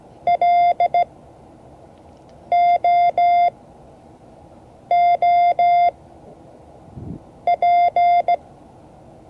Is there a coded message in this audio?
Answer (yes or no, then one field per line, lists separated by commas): yes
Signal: Morse code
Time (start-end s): 0.3-8.4 s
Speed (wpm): 16 wpm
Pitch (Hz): 700 Hz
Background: none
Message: LOOP